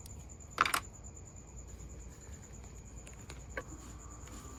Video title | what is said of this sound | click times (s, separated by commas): Coolant Outlet Hose Leak Replacement Jeep Wrangler JL Chrysler 3.6L pentastar Throttle Body | press down clip snaps into place | 0.6 s